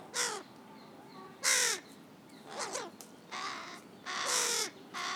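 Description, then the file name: Carrion crow giving rough, grating caws, several in a loose series with varied loudness, with fainter calls between them. "Corvus corone"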